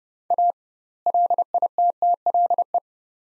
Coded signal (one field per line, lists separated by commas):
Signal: Morse code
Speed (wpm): 31 wpm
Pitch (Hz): 700 Hz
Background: none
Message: A LITTLE